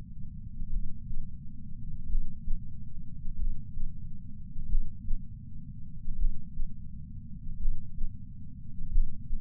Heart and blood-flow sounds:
heart sounds by patch sensor on the chest; 44 bpm
0.70 s: heartbeat
2.06 s: heartbeat
3.36 s: heartbeat
4.66 s: heartbeat
6.16 s: heartbeat
7.57 s: heartbeat
8.89 s: heartbeat
From the record:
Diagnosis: coronary artery disease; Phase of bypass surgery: preoperative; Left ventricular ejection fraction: 64.4%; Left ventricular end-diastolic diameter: 51 mm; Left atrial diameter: 41 mm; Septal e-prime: 7.3 cm/s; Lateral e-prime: 10.3 cm/s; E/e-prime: 10.1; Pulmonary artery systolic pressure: 25 mmHg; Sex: male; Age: 59 years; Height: 168 cm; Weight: 81 kg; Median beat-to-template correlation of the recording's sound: 0.86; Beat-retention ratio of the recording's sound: 0.96

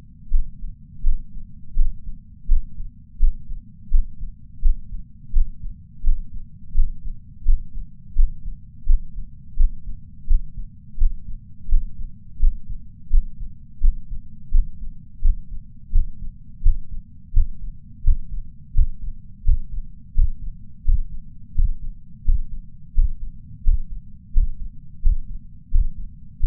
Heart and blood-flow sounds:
heart sounds by patch sensor on the chest; 85 bpm
0.30 s: heartbeat
1.03 s: heartbeat
1.76 s: heartbeat
2.48 s: heartbeat
3.19 s: heartbeat
3.91 s: heartbeat
4.62 s: heartbeat
5.33 s: heartbeat
6.04 s: heartbeat
6.75 s: heartbeat
7.45 s: heartbeat
8.16 s: heartbeat
8.96 s: heartbeat
9.57 s: heartbeat
10.28 s: heartbeat
10.98 s: heartbeat
11.69 s: heartbeat
12.40 s: heartbeat
13.11 s: heartbeat
13.81 s: heartbeat
14.51 s: heartbeat
15.22 s: heartbeat
15.92 s: heartbeat
16.63 s: heartbeat
17.33 s: heartbeat
18.03 s: heartbeat
18.74 s: heartbeat
19.44 s: heartbeat
20.14 s: heartbeat
20.94 s: heartbeat
21.55 s: heartbeat
22.25 s: heartbeat
22.94 s: heartbeat
23.53 s: heartbeat
24.33 s: heartbeat
25.02 s: heartbeat
25.71 s: heartbeat
26.40 s: heartbeat
From the record:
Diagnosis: coronary artery disease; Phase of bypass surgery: intraoperative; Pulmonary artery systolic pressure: 30 mmHg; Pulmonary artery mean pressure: 20 mmHg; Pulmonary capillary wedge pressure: 14 mmHg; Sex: male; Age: 62 years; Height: 165 cm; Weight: 72 kg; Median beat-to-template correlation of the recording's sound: 0.95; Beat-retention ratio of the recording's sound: 0.98

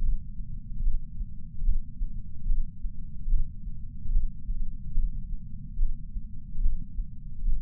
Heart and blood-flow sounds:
heart sounds by patch sensor on the chest; 73 bpm
0.01 s: heartbeat
0.83 s: heartbeat
1.65 s: heartbeat
2.48 s: heartbeat
3.30 s: heartbeat
4.12 s: heartbeat
4.96 s: heartbeat
5.78 s: heartbeat
6.62 s: heartbeat
7.46 s: heartbeat
From the record:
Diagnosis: coronary artery disease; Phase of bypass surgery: preoperative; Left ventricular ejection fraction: 58.9%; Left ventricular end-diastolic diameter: 51 mm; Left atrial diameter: 51 mm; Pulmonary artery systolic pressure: 40 mmHg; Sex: male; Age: 73 years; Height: 170 cm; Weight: 85 kg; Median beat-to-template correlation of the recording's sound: 0.81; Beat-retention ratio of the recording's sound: 0.95

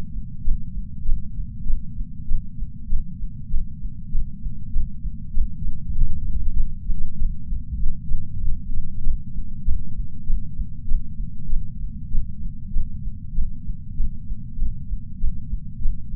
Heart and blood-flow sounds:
heart sounds by patch sensor on the chest; 98 bpm
0.40 s: heartbeat
1.02 s: heartbeat
1.62 s: heartbeat
2.24 s: heartbeat
2.86 s: heartbeat
3.46 s: heartbeat
4.08 s: heartbeat
4.68 s: heartbeat
5.30 s: heartbeat
5.92 s: heartbeat
6.53 s: heartbeat
7.14 s: heartbeat
7.76 s: heartbeat
8.38 s: heartbeat
9.00 s: heartbeat
9.61 s: heartbeat
10.22 s: heartbeat
10.84 s: heartbeat
11.46 s: heartbeat
12.08 s: heartbeat
12.69 s: heartbeat
13.10 s: heartbeat
13.93 s: heartbeat
14.54 s: heartbeat
15.16 s: heartbeat
15.78 s: heartbeat
From the record:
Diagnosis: coronary artery disease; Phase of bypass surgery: preoperative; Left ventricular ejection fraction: 60.9%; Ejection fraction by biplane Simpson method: 52.5%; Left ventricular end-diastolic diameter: 49 mm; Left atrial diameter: 38 mm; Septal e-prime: 4.5 cm/s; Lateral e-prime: 5.9 cm/s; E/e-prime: 13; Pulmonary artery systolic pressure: 21 mmHg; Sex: female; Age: 74 years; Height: 160 cm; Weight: 64 kg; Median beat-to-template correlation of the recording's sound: 0.92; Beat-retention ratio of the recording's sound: 0.97

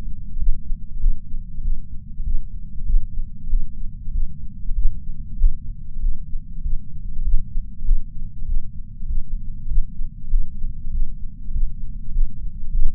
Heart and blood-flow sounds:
heart sounds by patch sensor on the chest; 97 bpm
0.39 s: heartbeat
1.00 s: heartbeat
1.62 s: heartbeat
2.24 s: heartbeat
2.86 s: heartbeat
3.49 s: heartbeat
4.13 s: heartbeat
4.75 s: heartbeat
5.37 s: heartbeat
6.01 s: heartbeat
6.63 s: heartbeat
7.24 s: heartbeat
7.85 s: heartbeat
8.47 s: heartbeat
9.07 s: heartbeat
9.68 s: heartbeat
10.30 s: heartbeat
10.92 s: heartbeat
11.53 s: heartbeat
12.13 s: heartbeat
12.71 s: heartbeat
From the record:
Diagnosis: coronary artery disease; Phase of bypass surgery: postoperative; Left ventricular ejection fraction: 66.9%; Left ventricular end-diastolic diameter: 46 mm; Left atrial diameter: 35 mm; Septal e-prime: 7.6 cm/s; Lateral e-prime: 10.1 cm/s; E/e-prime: 8.1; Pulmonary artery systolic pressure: 29 mmHg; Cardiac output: 6.1 L/min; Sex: male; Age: 63 years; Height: 180 cm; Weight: 65 kg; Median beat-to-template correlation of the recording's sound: 0.80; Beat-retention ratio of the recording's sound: 1.00

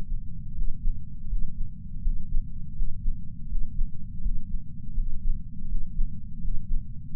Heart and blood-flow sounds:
heart sounds by patch sensor on the chest; 82 bpm
0.54 s: heartbeat
1.27 s: heartbeat
2.01 s: heartbeat
2.74 s: heartbeat
3.47 s: heartbeat
4.21 s: heartbeat
4.94 s: heartbeat
5.67 s: heartbeat
6.40 s: heartbeat
7.14 s: heartbeat
From the record:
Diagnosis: coronary artery disease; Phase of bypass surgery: postoperative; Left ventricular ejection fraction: 59.1%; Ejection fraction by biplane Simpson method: 55%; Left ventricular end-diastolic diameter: 46 mm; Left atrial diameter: 34 mm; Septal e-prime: 8 cm/s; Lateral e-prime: 6.5 cm/s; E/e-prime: 8.7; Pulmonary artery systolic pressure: 22 mmHg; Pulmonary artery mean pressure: 11 mmHg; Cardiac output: 4.38 L/min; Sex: male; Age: 58 years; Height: 160 cm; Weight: 70 kg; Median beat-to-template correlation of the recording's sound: 0.85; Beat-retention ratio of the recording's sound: 0.99

